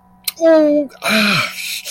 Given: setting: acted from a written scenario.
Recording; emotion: vocal sound without words; pain